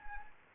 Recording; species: mosquito wingbeat signal from an infrared sensor; Anopheles arabiensis